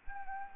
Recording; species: mosquito wingbeat signal from an infrared sensor; Anopheles arabiensis